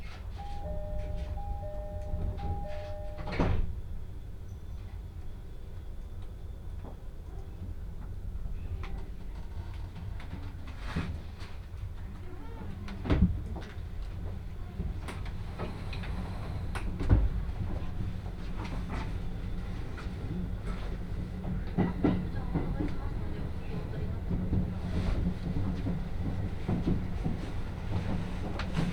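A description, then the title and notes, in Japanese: A ride aboard a train on the Utsunomiya Line, with a steady low rumble of the carriage running throughout. A two-tone chime sounds in the first few seconds, and scattered clicks and knocks from the car punctuate the run, the sharpest near 13 and 17 seconds. 鉄道旅 宇都宮線 浦和→古河。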